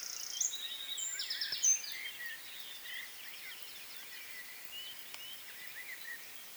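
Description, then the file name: Eurasian wren giving high, rapid trills and sharp notes in the first two seconds, followed by softer scattered chips over faint background hiss. "Troglodytes troglodytes"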